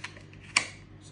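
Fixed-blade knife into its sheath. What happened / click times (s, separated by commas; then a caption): The blade snapped into the sheath's retention / 0.6 s. A Kephart fixed-blade knife with a convex Elmax blade and Dragonscale micarta handle is pushed into its sheath. A few faint ticks lead up to one sharp click at 0.6 s, and the knife seats in the sheath retention.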